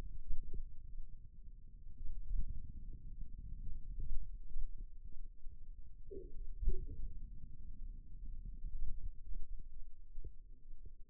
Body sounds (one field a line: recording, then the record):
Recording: forearm muscle sounds (acoustic myography)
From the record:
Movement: pen grasping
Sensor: system 2, bracelet of six BSWA MPA416 microphones around the upper forearm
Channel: 3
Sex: male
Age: 22 years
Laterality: right